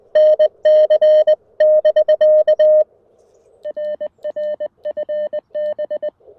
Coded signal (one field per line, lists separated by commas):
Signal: Morse code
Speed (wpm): 20 wpm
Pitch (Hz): 600 Hz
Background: none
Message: NC <BK> RR FB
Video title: Knee-POTA! Chilly Sunday Morning CW Activation with the CFT1!